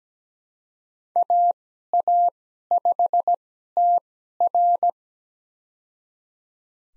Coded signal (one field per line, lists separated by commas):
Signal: Morse code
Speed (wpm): 17 wpm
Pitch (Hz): 700 Hz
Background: none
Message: AA5TR